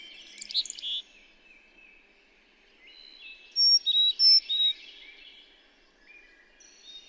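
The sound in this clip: Bird singing: a quick scratchy flourish at the start, soft twittering, then four loud pure whistled notes stepping between high and lower pitches.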